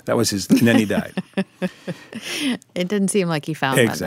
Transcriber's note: laughter